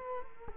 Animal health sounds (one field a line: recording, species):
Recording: mosquito wingbeat signal from an infrared sensor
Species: Culex quinquefasciatus